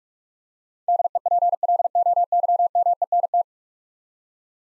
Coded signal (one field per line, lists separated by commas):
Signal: Morse code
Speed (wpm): 46 wpm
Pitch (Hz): 700 Hz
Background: none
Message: DEPLOYMENT